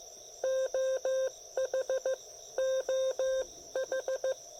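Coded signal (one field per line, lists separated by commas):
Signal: Morse code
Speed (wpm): 17 wpm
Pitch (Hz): 530 Hz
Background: none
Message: OH OH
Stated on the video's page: Park activation.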